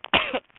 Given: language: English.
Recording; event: throat vibration sensor signal played as sound; cough